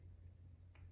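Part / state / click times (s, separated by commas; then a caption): eyewear lens into sunglasses frame / not seated / none. An interchangeable lens for a pair of Leupold shooting sunglasses is handled and pressed toward its frame over a steady low hum, with a brief brighter scrape of handling noise near 0.8 s. The clip ends before the lens goes home, so nothing has seated or clicked yet.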